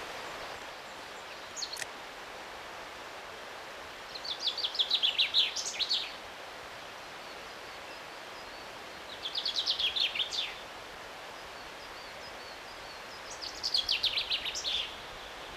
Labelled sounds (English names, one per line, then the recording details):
Common Chaffinch song
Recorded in the wild
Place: Oberstdorf, Bayern, DE
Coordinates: 47.3642, 10.3008
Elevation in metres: 934
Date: 1985-04-02
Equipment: Uher 4000 Report, Sennheiser MKH 815 T
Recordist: Tretzel, Erwin